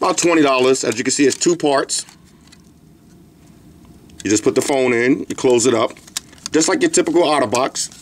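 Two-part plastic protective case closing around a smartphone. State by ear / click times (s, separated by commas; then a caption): not seated / none. Someone talks while a two-part hard plastic protective case is handled and closed around a Samsung Galaxy Note 2 smartphone. Faint light ticks sound during a pause in the talk, roughly between 2.5 and 4.1 seconds. Nothing has seated or clicked yet; the case halves have not snapped home by the end of the clip.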